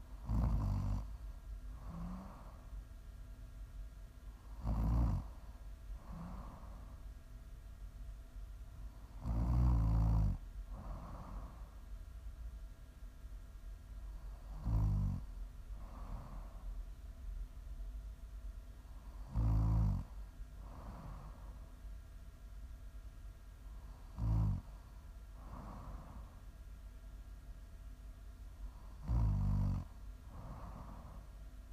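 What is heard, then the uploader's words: Snoring in a steady rhythm, a loud rasping inhale roughly every five seconds followed by a softer exhale, over a low constant hum. Snoring.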